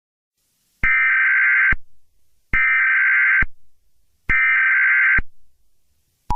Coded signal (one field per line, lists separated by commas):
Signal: Emergency Alert System (SAME) tones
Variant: header bursts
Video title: Northern Indiana Tornado Chaos (EAS Scenario)